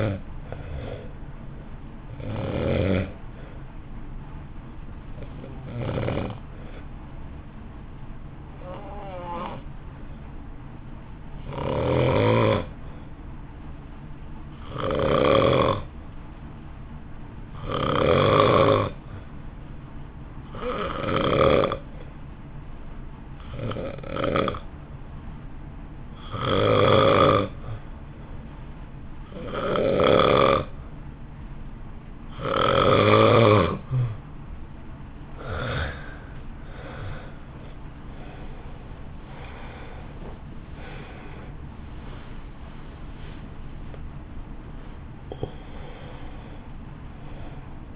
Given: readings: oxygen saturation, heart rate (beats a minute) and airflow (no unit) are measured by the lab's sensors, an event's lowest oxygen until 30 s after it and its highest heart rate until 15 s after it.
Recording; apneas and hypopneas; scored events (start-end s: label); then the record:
breathing in sleep by a smartphone at the bedside; 1
8.00-38.30 s: hypopnea (N1, oxygen 93% highest, then 84% lowest, heart rate 53 at the start, 71 highest)
15.00-45.00 s: new sleep stage, N2 (light sleep)
45.00-47.96 s: new sleep stage, N1 (lightest sleep)
From the record:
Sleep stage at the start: N1 (lightest sleep); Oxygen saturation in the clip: 86 to 93%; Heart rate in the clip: 52 to 71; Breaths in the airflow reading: 15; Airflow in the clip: -2.5 to 2.7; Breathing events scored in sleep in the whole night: 328 in 6.3 hours asleep